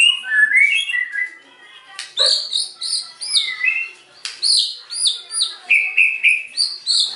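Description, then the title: White-rumped shama song of high, ringing whistled notes, a slurred lower phrase first, then repeated bright looping whistles with short gaps. White-rumped shama singing actively (gacor), used as a lure (pancingan) said to bring an immediate response on first hearing. "PANCINGAN MEWAH MURAI BATU GACOR"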